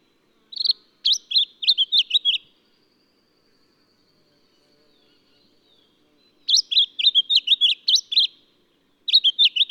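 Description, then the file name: Lemon-bellied flycatcher giving bursts of quick, high, slurred notes, with the phrases separated by quiet pauses of up to about four seconds. "Microeca Flavigaster"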